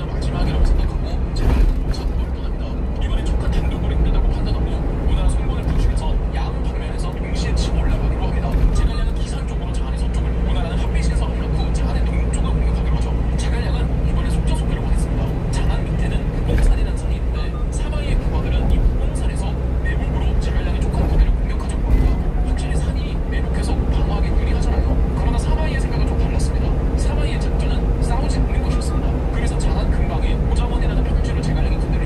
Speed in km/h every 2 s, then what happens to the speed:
78, 74, 73, 73, 72, 72, 72, 73, 75, 77, 78, 80, 81, 82, 83, 84.
0-11 steady at about 73. 11-32 speeds up to 84.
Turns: none.